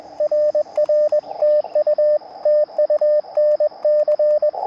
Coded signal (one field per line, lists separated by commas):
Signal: Morse code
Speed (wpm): 21 wpm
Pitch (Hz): 600 Hz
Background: radio noise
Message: RR TU TU NC